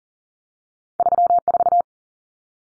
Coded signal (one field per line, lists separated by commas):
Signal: Morse code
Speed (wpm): 38 wpm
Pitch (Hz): 700 Hz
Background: none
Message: 34